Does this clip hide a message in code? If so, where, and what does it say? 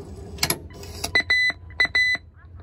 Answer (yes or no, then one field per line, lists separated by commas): no